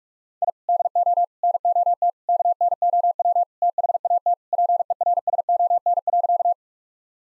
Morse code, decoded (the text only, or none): I DO NOT KNOW THAT PERSON.